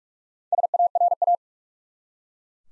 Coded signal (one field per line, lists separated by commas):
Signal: Morse code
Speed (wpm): 42 wpm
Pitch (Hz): 700 Hz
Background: none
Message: SARA